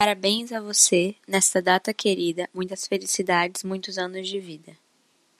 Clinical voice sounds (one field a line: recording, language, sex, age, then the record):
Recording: short text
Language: Brazilian Portuguese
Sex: female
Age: 18 to 19 years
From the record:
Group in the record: control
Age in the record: 19 years